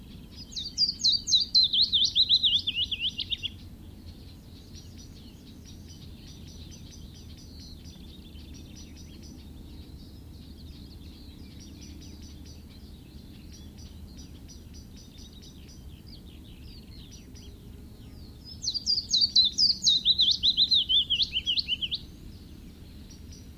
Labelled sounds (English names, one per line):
Willow Warbler song